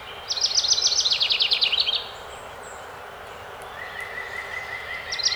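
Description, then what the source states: House wren song: a fast, tumbling, bubbly trill, then quiet with another bird's repeated notes, and a new song just beginning at the end. Recorded 12 May 2018.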